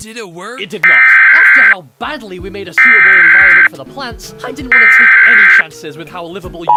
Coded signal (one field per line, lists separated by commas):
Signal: Emergency Alert System (SAME) tones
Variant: header bursts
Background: speech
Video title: EAS Scenario 1: Cartoon Cat (Old and Bad video, stop watching)